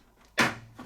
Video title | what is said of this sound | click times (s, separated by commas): Review Of Neff W5420X1GB 7kg 1200 spin Intergrated Washing Nachine | it will click in back in place. | 0.4 s